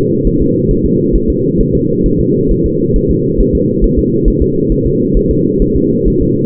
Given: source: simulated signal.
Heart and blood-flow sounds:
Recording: fetal heart sounds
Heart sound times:
0.27 s: S1
0.42 s: S2
0.71 s: S1
0.86 s: S2
1.16 s: S1
1.30 s: S2
1.61 s: S1
1.75 s: S2
2.06 s: S1
2.20 s: S2
2.51 s: S1
2.66 s: S2
2.96 s: S1
3.11 s: S2
3.41 s: S1
3.55 s: S2
3.84 s: S1
3.99 s: S2
4.28 s: S1
4.42 s: S2
4.72 s: S1
4.86 s: S2
5.17 s: S1
5.31 s: S2
5.62 s: S1
5.77 s: S2
6.08 s: S1
6.22 s: S2
From the record:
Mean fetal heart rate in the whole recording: 135 bpm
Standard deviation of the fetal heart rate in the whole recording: 3 bpm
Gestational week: 36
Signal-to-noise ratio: -11.2 dB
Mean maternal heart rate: 72 bpm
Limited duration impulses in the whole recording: present

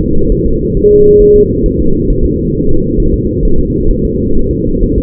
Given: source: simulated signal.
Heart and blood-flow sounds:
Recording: fetal heart sounds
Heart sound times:
0.01 s: S2
0.32 s: S1
0.46 s: S2
0.77 s: S1
0.91 s: S2
1.22 s: S1
1.36 s: S2
1.66 s: S1
1.80 s: S2
2.10 s: S1
2.25 s: S2
2.55 s: S1
2.69 s: S2
3.00 s: S1
3.14 s: S2
3.45 s: S1
3.59 s: S2
3.91 s: S1
4.05 s: S2
4.37 s: S1
4.51 s: S2
4.83 s: S1
4.98 s: S2
From the record:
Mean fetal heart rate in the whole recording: 130 bpm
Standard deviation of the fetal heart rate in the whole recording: 4 bpm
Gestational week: 38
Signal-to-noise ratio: -19.1 dB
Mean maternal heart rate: 72 bpm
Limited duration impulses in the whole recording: present

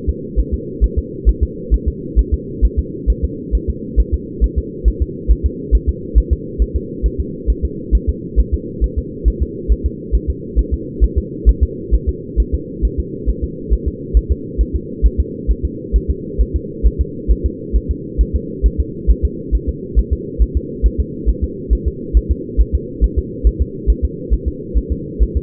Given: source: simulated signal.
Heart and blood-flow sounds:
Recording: fetal heart sounds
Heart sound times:
0.09 s: S2
0.40 s: S1
0.54 s: S2
0.84 s: S1
0.98 s: S2
1.29 s: S1
1.43 s: S2
1.74 s: S1
1.88 s: S2
2.19 s: S1
2.34 s: S2
2.65 s: S1
2.79 s: S2
3.10 s: S1
3.24 s: S2
3.55 s: S1
3.69 s: S2
4.00 s: S1
4.14 s: S2
4.44 s: S1
4.58 s: S2
4.88 s: S1
5.02 s: S2
5.31 s: S1
5.46 s: S2
5.75 s: S1
5.89 s: S2
6.18 s: S1
6.33 s: S2
6.62 s: S1
6.76 s: S2
7.06 s: S1
7.20 s: S2
7.50 s: S1
7.65 s: S2
7.95 s: S1
8.09 s: S2
8.40 s: S1
8.54 s: S2
8.84 s: S1
8.98 s: S2
9.28 s: S1
9.42 s: S2
9.72 s: S1
9.86 s: S2
10.15 s: S1
10.30 s: S2
10.59 s: S1
10.74 s: S2
11.04 s: S1
11.18 s: S2
11.49 s: S1
11.63 s: S2
11.94 s: S1
12.09 s: S2
12.40 s: S1
12.54 s: S2
12.85 s: S1
13.00 s: S2
13.29 s: S1
13.44 s: S2
13.73 s: S1
13.88 s: S2
14.17 s: S1
14.31 s: S2
14.61 s: S1
14.75 s: S2
15.06 s: S1
15.20 s: S2
15.51 s: S1
15.65 s: S2
15.96 s: S1
16.10 s: S2
16.41 s: S1
16.56 s: S2
16.86 s: S1
17.01 s: S2
17.31 s: S1
17.46 s: S2
17.76 s: S1
17.91 s: S2
18.21 s: S1
18.35 s: S2
18.66 s: S1
18.80 s: S2
19.10 s: S1
19.25 s: S2
19.55 s: S1
19.69 s: S2
19.99 s: S1
20.13 s: S2
20.42 s: S1
20.57 s: S2
20.86 s: S1
21.00 s: S2
21.29 s: S1
21.44 s: S2
21.73 s: S1
21.88 s: S2
22.17 s: S1
22.31 s: S2
22.61 s: S1
22.75 s: S2
23.04 s: S1
23.19 s: S2
23.47 s: S1
23.62 s: S2
23.90 s: S1
24.05 s: S2
24.33 s: S1
24.48 s: S2
24.78 s: S1
24.92 s: S2
25.23 s: S1
25.37 s: S2
From the record:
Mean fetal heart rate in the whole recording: 135 bpm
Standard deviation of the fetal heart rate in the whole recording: 3 bpm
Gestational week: 34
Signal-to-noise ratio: -4.1 dB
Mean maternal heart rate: no maternal heart sound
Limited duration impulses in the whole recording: absent

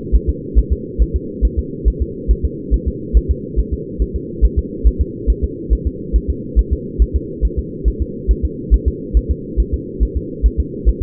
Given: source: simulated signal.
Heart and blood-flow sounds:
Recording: fetal heart sounds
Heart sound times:
0.15 s: S1
0.29 s: S2
0.59 s: S1
0.73 s: S2
1.02 s: S1
1.16 s: S2
1.45 s: S1
1.59 s: S2
1.88 s: S1
2.02 s: S2
2.31 s: S1
2.45 s: S2
2.74 s: S1
2.88 s: S2
3.17 s: S1
3.31 s: S2
3.60 s: S1
3.73 s: S2
4.02 s: S1
4.16 s: S2
4.45 s: S1
4.59 s: S2
4.87 s: S1
5.01 s: S2
5.30 s: S1
5.44 s: S2
5.73 s: S1
5.87 s: S2
6.16 s: S1
6.30 s: S2
6.59 s: S1
6.73 s: S2
7.02 s: S1
7.16 s: S2
7.45 s: S1
7.59 s: S2
7.88 s: S1
8.02 s: S2
8.31 s: S1
8.45 s: S2
8.74 s: S1
8.88 s: S2
9.17 s: S1
9.31 s: S2
9.60 s: S1
9.74 s: S2
10.03 s: S1
10.17 s: S2
10.46 s: S1
10.60 s: S2
10.89 s: S1
11.03 s: S2
From the record:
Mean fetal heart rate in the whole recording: 140 bpm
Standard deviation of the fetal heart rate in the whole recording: 2 bpm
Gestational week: 34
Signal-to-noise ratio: -4.1 dB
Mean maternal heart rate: no maternal heart sound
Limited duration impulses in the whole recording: absent

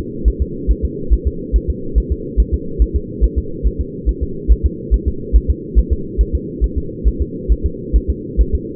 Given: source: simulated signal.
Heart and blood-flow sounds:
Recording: fetal heart sounds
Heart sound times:
0.28 s: S1
0.42 s: S2
0.71 s: S1
0.85 s: S2
1.13 s: S1
1.27 s: S2
1.56 s: S1
1.70 s: S2
1.98 s: S1
2.12 s: S2
2.40 s: S1
2.54 s: S2
2.82 s: S1
2.96 s: S2
3.24 s: S1
3.38 s: S2
3.67 s: S1
3.81 s: S2
4.09 s: S1
4.23 s: S2
4.52 s: S1
4.66 s: S2
4.94 s: S1
5.08 s: S2
5.36 s: S1
5.50 s: S2
5.79 s: S1
5.93 s: S2
6.21 s: S1
6.35 s: S2
6.64 s: S1
6.78 s: S2
7.08 s: S1
7.22 s: S2
7.52 s: S1
7.66 s: S2
7.96 s: S1
8.10 s: S2
8.41 s: S1
8.55 s: S2
From the record:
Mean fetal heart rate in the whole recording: 140 bpm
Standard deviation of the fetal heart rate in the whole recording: 2 bpm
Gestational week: 34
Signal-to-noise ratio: -4.3 dB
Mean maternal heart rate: 72 bpm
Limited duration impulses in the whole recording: present

